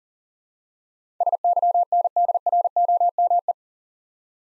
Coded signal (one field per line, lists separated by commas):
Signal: Morse code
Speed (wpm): 40 wpm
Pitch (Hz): 700 Hz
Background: none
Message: SYNDROME